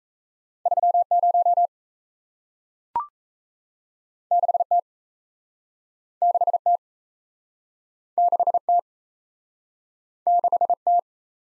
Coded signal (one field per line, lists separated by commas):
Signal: Morse code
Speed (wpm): 38 wpm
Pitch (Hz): 700 Hz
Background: none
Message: 30 6T 6T 6T 6T